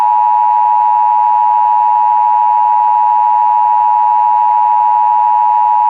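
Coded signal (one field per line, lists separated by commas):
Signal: Emergency Alert System (SAME) tones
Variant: 853 and 960 Hz attention tone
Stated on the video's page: Mock of 2011 National EAS Test hijacking via NOAA Weather Radio retransmission; simulated found footage.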